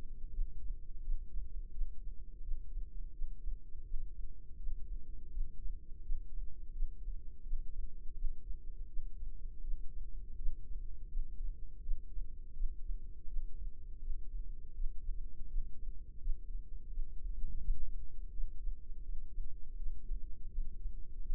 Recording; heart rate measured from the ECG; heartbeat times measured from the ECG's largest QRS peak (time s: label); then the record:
heart sounds by microphone in the left ear; 83 bpm
0.30 s: heartbeat
1.01 s: heartbeat
1.71 s: heartbeat
2.41 s: heartbeat
3.11 s: heartbeat
3.83 s: heartbeat
4.56 s: heartbeat
5.30 s: heartbeat
6.02 s: heartbeat
6.72 s: heartbeat
7.42 s: heartbeat
8.14 s: heartbeat
8.86 s: heartbeat
9.61 s: heartbeat
10.35 s: heartbeat
11.09 s: heartbeat
11.81 s: heartbeat
12.53 s: heartbeat
13.26 s: heartbeat
13.99 s: heartbeat
14.73 s: heartbeat
15.47 s: heartbeat
16.19 s: heartbeat
16.89 s: heartbeat
17.60 s: heartbeat
18.31 s: heartbeat
19.02 s: heartbeat
19.76 s: heartbeat
20.50 s: heartbeat
21.22 s: heartbeat
From the record:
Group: healthy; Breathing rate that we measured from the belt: 12 breaths a minute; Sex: female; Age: 51 years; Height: 162 cm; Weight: 70.04 kg